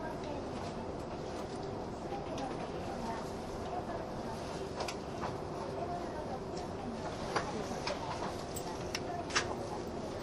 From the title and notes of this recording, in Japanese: 東武N100系 スペーシア07号 01/01:浅草～鬼怒川温泉。その車両の最長運用となる特急＂スペーシアＸ07号＂の列車走行音。